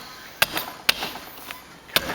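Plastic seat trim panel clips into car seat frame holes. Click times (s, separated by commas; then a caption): 0.4 s, 0.9 s, 2.0 s. A plastic seat side trim panel on a 2005–2010 Ford Mustang seat is pressed by hand onto the seat frame, lining its clips up with the holes. Three sharp plastic snaps ring out at 0.4, 0.9 and 2.0 seconds, with a fainter tick at 1.5 seconds. The clips snap in and the panel is seated.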